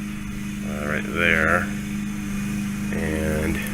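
A plastic front wheel arch moulding on a 2015–2017 Subaru Outback is being handled while its clips go into the fender edge. Someone talks over a steady low hum. Nothing has seated or clicked yet.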